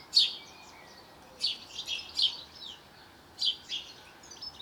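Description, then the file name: House sparrow chirps, single and paired harsh notes spaced a second or so apart, with quiet gaps between. "Passer domesticus"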